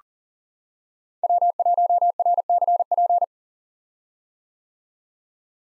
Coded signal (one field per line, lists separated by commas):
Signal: Morse code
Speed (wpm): 38 wpm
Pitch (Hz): 700 Hz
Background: none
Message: W1RCP